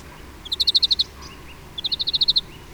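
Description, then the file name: European greenfinch producing two quick rattling trills of several notes each, separated by a pause of under a second. "Chloris chloris"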